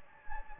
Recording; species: mosquito wingbeat signal from an infrared sensor; Anopheles gambiae